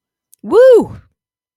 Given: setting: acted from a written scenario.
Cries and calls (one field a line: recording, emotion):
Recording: vocal sound without words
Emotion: pride